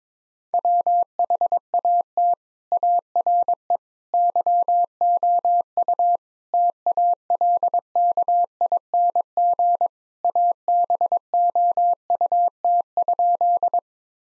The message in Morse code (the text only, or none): WHAT ARE YOU TALKING ABOUT?